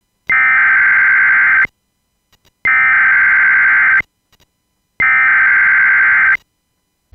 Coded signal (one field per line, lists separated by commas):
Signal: Emergency Alert System (SAME) tones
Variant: header bursts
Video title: EAS Scenario #5: The Tornado Outbreak